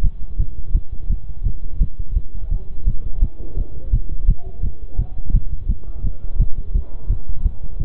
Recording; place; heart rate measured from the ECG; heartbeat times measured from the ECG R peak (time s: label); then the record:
heart sounds by stethoscope; between the tricuspid and mitral areas; 170 bpm
0.04 s: heartbeat
0.39 s: heartbeat
0.75 s: heartbeat
1.10 s: heartbeat
1.46 s: heartbeat
1.81 s: heartbeat
2.16 s: heartbeat
2.52 s: heartbeat
2.87 s: heartbeat
3.22 s: heartbeat
3.57 s: heartbeat
3.93 s: heartbeat
4.28 s: heartbeat
4.63 s: heartbeat
4.99 s: heartbeat
5.34 s: heartbeat
5.69 s: heartbeat
6.04 s: heartbeat
6.40 s: heartbeat
6.75 s: heartbeat
7.10 s: heartbeat
7.45 s: heartbeat
7.80 s: heartbeat
From the record:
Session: bicycle stress test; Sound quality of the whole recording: good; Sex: male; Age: 23 years